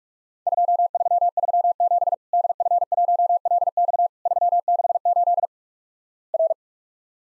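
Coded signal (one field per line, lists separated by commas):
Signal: Morse code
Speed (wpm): 48 wpm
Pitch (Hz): 700 Hz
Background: none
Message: 2337 DF1LX 368 R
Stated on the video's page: Worked All Europe DX Contest QTC exchange copying practice at 45 wpm, with simulated repeat requests; each exchange sent in Morse, then resent.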